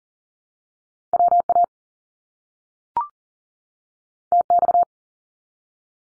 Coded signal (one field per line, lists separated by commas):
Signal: Morse code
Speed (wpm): 40 wpm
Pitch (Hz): 700 Hz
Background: none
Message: WA TX